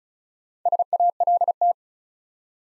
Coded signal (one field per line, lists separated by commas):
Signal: Morse code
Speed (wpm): 36 wpm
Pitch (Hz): 700 Hz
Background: none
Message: SALT